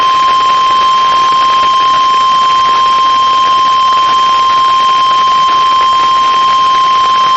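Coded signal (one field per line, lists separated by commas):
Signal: Emergency Alert System (SAME) tones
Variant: 1050 Hz attention tone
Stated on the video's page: Severe thunderstorm alert issued by NOAA Weather Radio station KIH27.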